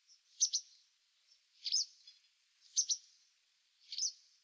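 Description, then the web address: White wagtail, high doubled chips and slurred single notes alternating about once a second. "cianscape birddata Deverinetal 2025"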